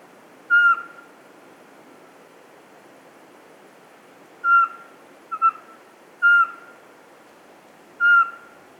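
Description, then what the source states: Eurasian pygmy owl giving single piping whistles, one, then a pause, then several more, one of them a quick double note, against faint steady hiss. 27 September 2017, near 8 pm, 12 degrees, at the foot of Pic de Bure, Dévoluy massif; the small owl perched at the top of a spruce.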